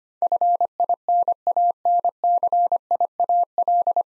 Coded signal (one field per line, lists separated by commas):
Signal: Morse code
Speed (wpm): 25 wpm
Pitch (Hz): 700 Hz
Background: none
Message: FINANCIAL